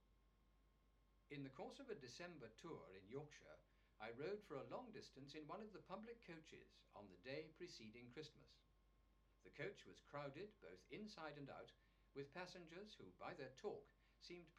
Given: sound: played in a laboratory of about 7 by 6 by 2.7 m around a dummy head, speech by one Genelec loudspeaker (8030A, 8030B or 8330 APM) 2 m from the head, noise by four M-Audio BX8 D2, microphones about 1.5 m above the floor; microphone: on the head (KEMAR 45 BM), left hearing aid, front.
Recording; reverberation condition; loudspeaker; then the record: male speech in English; low; 60 degrees to the left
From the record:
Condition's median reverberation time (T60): about 310 ms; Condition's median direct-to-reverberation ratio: about 3.5 dB